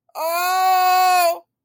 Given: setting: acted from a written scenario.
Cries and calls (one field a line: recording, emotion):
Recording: vocal sound without words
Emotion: distress